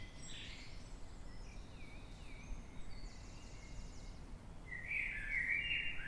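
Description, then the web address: Eurasian blackbird singing one warbled phrase near the end, after a few faint thin notes, over a constant low rumble. Blackbird singing in the dead of night, 3:50 am, 9 March 2026, London, UK. "Blackbird Dead Of Night. london uk. by eleanor mcdowall"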